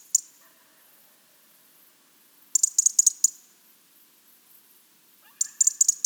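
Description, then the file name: European robin calling in quick clusters of dry, high clicks: a single tick first, then two rattling bursts a few seconds apart. "Erithacus rubecula"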